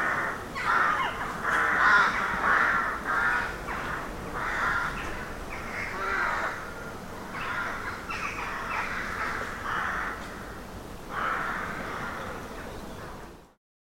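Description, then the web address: Rooks cawing in a dense, overlapping chorus, loudest early on, ending abruptly. Many rooks calling from trees. "Hollywood Edge Historical Series. Rooks in Trees"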